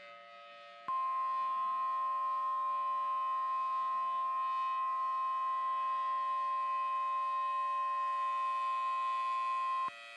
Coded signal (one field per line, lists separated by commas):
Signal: Emergency Alert System (SAME) tones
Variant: 1050 Hz attention tone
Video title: Cryoblind: An EAS Scenario